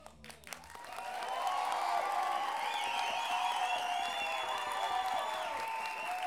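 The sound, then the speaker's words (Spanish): Spontaneous audience applause swells within the first second into a steady, dense wash of clapping that holds loud to the end, with sustained tonal sounds running over it. “Gracias por esos aplausos espontáneos.”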